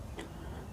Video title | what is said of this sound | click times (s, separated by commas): Repairing Williams Pinball Player Unit | and you'll hear it go click when it undoes. | 0.2 s